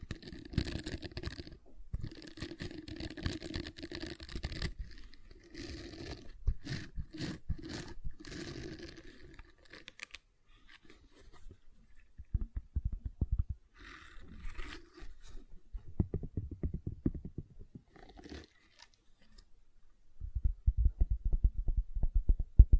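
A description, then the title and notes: Soft silicone being squeezed and rubbed makes crackly, squishy bursts in quick clusters for the first ten seconds, with short gaps between them. The middle turns sparse, with light scattered taps. Denser, lower crunching rubs return near sixteen seconds and again at the end. ASMR Gentle Silicon Sounds for Sleep (No Talking).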